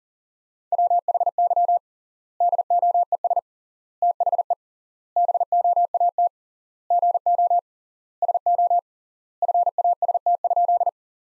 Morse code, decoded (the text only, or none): WHY DOES THE BOAT GO SO FAST?